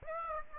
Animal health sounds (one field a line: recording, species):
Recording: mosquito wingbeat signal from an infrared sensor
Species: Aedes aegypti